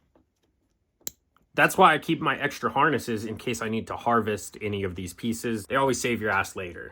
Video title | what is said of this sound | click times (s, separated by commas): The Tacoma/4runner "Grey wire" E-locker Mod for better control | Just as easy to pop one in. And if done right, you will hear a click. | 1.1 s